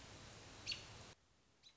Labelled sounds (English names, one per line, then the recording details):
American Robin
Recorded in Sonoma County, California